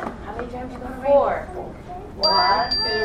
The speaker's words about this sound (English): How many times are you going to ring? Four. One, two, three, four.